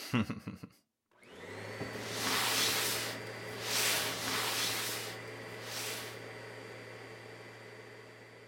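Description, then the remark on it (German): After a few sharp clicks and a brief pause, a vacuum cleaner motor starts with a low steady hum and broad whooshing roar, its airflow swelling and easing several times as it keeps running. “Sei nicht albern und hol den Staubsauger.”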